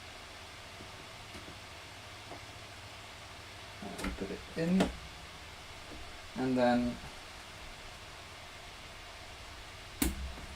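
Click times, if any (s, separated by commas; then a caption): 10.0 s. A second RAM memory stick is pushed into its motherboard memory slot while someone talks over a steady background hiss. The latch gives a single sharp click at 10.0 s, and the memory module is seated and installed correctly.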